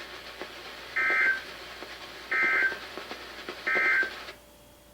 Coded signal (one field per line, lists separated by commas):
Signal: Emergency Alert System (SAME) tones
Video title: EAS #1411-#1424: LOTS of Flooding | KHB36, WXM42, & WNG736